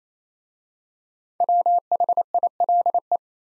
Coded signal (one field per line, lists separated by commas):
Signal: Morse code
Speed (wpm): 27 wpm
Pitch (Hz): 700 Hz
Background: none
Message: WHILE